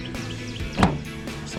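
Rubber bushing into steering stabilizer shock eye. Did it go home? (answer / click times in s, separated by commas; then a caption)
yes / 0.8 s. A rubber bushing is pressed into the eye of a steering stabilizer shock absorber with a bench vise, for a 2005–2025 4WD F-250 dual steering stabilizer kit. Over steady background music, a sharp crack at 0.8 seconds marks the bushing popping into place, and it is seated.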